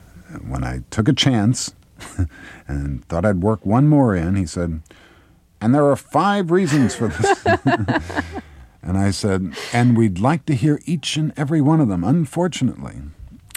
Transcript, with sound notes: when I took a chance and thought I'd work one more in, he said, and there are five reasons for this.
(Laughter).
And I said, and we'd like to hear each and every one of them, unfortunately